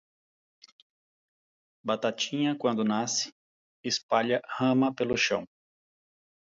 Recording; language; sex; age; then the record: short text; Brazilian Portuguese; male; 40 to 49 years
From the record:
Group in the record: control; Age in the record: 44 years